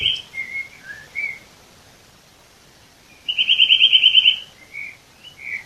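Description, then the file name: Eurasian nuthatch giving a few short whistled notes, then a fast, even trill of ringing notes lasting about a second, followed by more soft whistles. "Sitta europaea"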